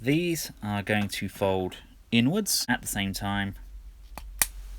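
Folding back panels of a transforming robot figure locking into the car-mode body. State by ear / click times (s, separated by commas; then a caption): seated / 4.2 s, 4.4 s. Someone talks while folding two back tab sections of a Toyworld TW-M05 Coolsville plastic and diecast transforming robot figure inwards at the same time during transformation into car mode. After the talking stops, two sharp clicks at 4.2 s and 4.4 s mark the panels locking into place in the car-mode body.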